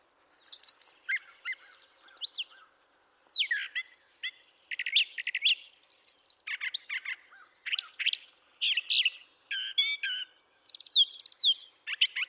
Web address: birdsongforthecurious Brown Thrasher